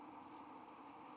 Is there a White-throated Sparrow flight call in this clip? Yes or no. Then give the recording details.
no. No flight call is heard. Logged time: 11:50 on 5 December 2014